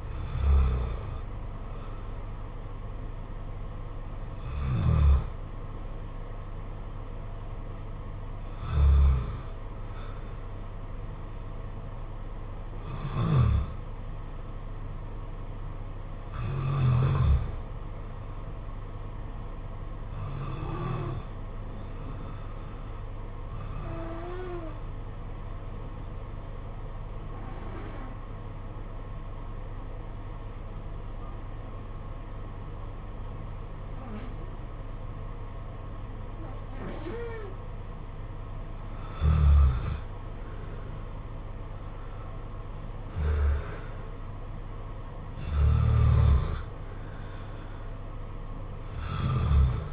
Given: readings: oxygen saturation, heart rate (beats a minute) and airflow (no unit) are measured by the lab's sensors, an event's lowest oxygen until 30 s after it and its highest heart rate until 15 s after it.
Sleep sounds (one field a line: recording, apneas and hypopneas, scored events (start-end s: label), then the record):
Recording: breathing in sleep by a smartphone at the bedside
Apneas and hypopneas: 1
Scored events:
22.00-39.40 s: hypopnea (N1, oxygen 96% highest, then 85% lowest, heart rate 49 at the start, 64 highest)
From the record:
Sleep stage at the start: N1 (lightest sleep)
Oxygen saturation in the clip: 73 to 96%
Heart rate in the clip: 47 to 64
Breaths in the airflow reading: 11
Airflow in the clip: -7.9 to 6.5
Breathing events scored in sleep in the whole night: 476 in 9.7 hours asleep